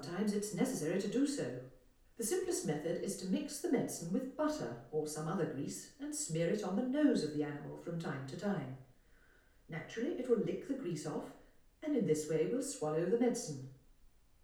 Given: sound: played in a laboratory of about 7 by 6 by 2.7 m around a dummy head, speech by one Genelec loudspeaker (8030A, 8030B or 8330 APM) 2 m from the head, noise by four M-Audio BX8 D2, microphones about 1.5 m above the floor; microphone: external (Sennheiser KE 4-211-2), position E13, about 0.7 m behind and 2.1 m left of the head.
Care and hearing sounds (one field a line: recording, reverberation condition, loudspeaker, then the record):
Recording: female speech in English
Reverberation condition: medium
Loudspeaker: 90 degrees to the right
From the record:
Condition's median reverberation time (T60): about 510 ms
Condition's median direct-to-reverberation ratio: about -0.5 dB